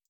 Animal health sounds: hydrophone in a shrimp aquaculture tank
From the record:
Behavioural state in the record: feeding

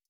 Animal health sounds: hydrophone in a shrimp aquaculture tank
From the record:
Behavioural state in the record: stressed

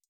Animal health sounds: hydrophone in a shrimp aquaculture tank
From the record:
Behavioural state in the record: feeding

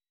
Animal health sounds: hydrophone in a shrimp aquaculture tank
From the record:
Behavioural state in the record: weakened

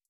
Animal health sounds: hydrophone in a shrimp aquaculture tank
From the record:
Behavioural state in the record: starved

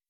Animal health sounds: hydrophone in a shrimp aquaculture tank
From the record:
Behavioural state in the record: weakened

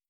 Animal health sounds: hydrophone in a shrimp aquaculture tank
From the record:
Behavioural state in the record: starved

